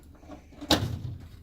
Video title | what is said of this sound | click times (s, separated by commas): Kalahari Macho Pop Training | You should feel it click in just like that. | 0.7 s